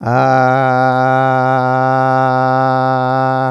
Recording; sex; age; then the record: sustained vowel /a/; male; 50 to 59 years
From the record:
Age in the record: 59 years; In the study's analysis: included